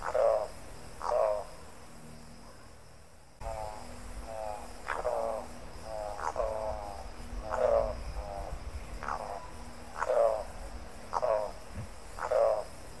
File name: canto da aracaripoca grande